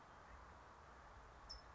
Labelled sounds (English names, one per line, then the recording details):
California Towhee
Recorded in Sonoma County, California